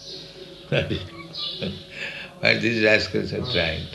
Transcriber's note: laughs